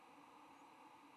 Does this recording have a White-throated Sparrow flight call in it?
no